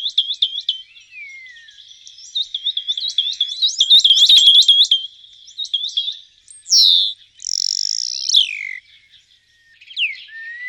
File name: špaček-černý